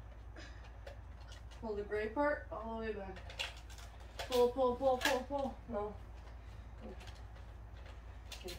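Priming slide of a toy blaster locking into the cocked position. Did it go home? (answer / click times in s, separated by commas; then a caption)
yes / 8.3 s. A child pulls the gray priming slide of a toy blaster all the way back until it catches and clicks into the cocked position at 8.3 s. People talk through the clip, and faint taps come before the click.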